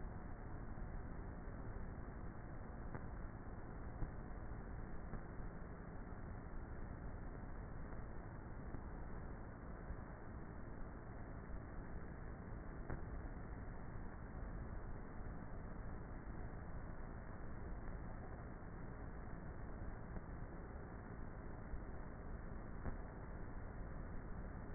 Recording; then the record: honeybee colony, microphone inside the hive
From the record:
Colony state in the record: queenless with a low population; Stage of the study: before two queens were removed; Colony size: about 30,000 bees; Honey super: no